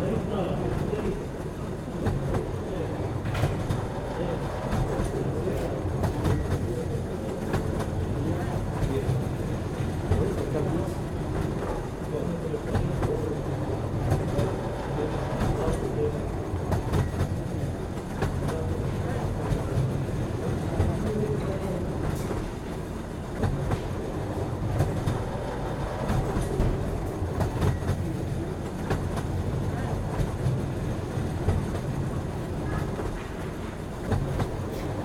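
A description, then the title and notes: An express train rolls along at steady speed, its deep rumbling roar filling the low end without letup. Sharp clicks and knocks from the wheels on the rails cut through every few seconds, while a faint hiss rides above the constant drone. The 5 and 2 Express Train.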